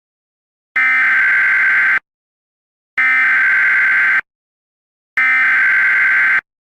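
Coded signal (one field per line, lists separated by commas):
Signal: Emergency Alert System (SAME) tones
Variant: header bursts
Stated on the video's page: Fictional mini EAS scenario alert depicting a hijack.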